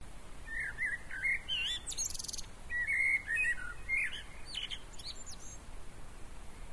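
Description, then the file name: Common blackbird singing warbled, fluting phrases interspersed with high squeaky twitters, over steady background noise. "Turdus merula"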